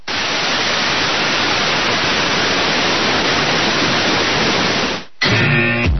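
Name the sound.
white noise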